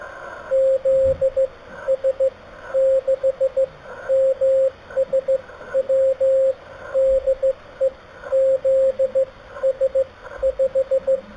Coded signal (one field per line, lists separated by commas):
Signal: Morse code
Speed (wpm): 15 wpm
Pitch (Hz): 530 Hz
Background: radio noise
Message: ZS6MSW DE ZS5